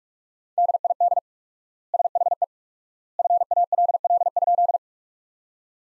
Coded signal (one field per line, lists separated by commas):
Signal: Morse code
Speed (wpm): 46 wpm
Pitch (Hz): 700 Hz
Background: none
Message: DID SHE FALL?